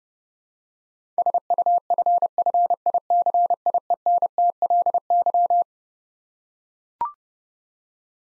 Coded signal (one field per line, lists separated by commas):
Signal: Morse code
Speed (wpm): 30 wpm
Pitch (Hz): 700 Hz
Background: none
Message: SUFFICIENTLY